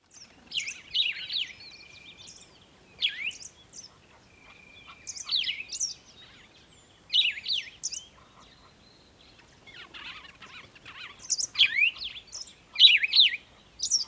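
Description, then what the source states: Bird calls: high, sharp chirps and quick downslurred notes in bursts every two seconds or so, with thin level whistles between them and quiet gaps. Recorded at a water hole in the early morning.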